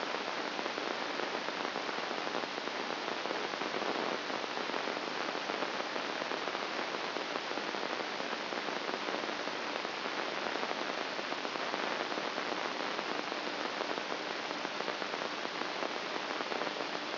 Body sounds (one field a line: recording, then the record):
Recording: brain microelectrode recording played as sound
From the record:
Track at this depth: inside the subthalamic nucleus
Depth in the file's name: 8.137 mm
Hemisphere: left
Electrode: 2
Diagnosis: Parkinson's disease